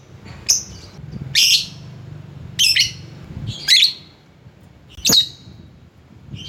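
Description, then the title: Lovebird uttering several harsh, high squawky chirps at irregular intervals, each short and buzzy, over a low hum. Lovebird calling a rival. "Lovebird Memanggil Lawan"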